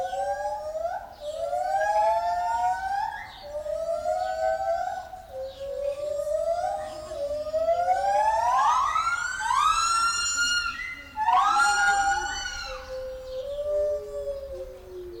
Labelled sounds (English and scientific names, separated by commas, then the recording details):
Lar Gibbon (Hylobates lar)
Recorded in captivity
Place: Zoo Berlin, Berlin, DE
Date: 1996-03-23 10:28
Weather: heiter, 4°C
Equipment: Sony WM-D6C, Sennheiser ME 80, Kopie Uher 4000 Report Monitor
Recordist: Tembrock, Günter